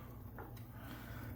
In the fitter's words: and throw it back on there just clamps right back in